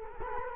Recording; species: mosquito wingbeat signal from an infrared sensor; Culex quinquefasciatus